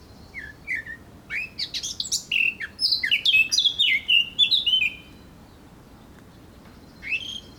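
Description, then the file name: Eurasian blackcap song: quick warbling phrase building from a few sharp notes into a dense run of fluty, slurred notes, then a brief phrase near the end. "Sylvia atricapilla"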